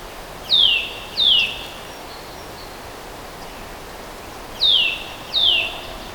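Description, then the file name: Eurasian nuthatch calling with clear falling whistled notes delivered in two pairs, each pair about two-thirds of a second apart, separated by a three-second pause; quiet background noise. "Sitta europaea"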